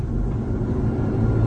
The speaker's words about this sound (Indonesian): Namun lagi-lagi mobil ini terasa sangat berat, seolah-olah mobilku ini hanya tertahan di situ-situ saja. Padahal tadi dari bawah tidak ada masalah apapun. Aku atur gigi untuk menanjak dan kupaksakan mobil ini.